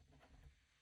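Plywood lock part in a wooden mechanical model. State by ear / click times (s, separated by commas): not seated / none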